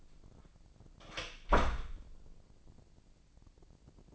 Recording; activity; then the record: daily activity, microphone in the room; close door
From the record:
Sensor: 5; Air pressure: 1012.6 hPa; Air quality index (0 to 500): 158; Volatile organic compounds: 2 ppm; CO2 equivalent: 1080 ppm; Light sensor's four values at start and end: 267/649/273/300 and 261/635/267/292